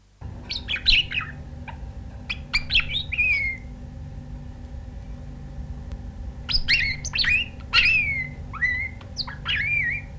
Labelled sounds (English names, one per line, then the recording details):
Budgerigar
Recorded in captivity
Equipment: Halbspur, 9,5 cm/s
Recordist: Lütgens, Hans